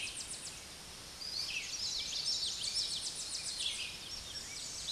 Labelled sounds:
Tennessee Warbler song

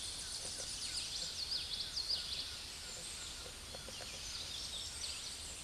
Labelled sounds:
Common Yellowthroat song

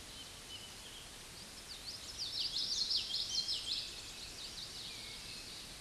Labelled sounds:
Common Yellowthroat song

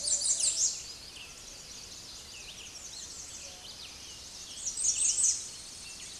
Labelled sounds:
American Redstart song

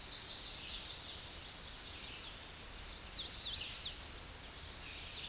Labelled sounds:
Tennessee Warbler song

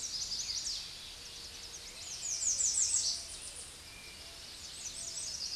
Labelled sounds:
American Redstart song

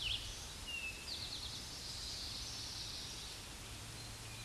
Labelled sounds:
Eastern Towhee song

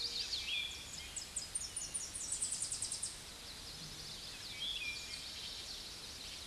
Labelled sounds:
Tennessee Warbler song

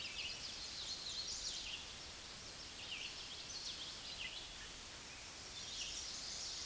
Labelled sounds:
Red-eyed Vireo song

